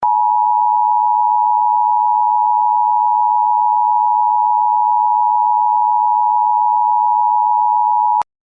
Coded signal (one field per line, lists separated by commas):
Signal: Emergency Alert System (SAME) tones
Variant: 853 and 960 Hz attention tone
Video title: Attica Earthquake eas part2 dam break.wmv